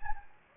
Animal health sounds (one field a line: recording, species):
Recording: mosquito wingbeat signal from an infrared sensor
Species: Anopheles gambiae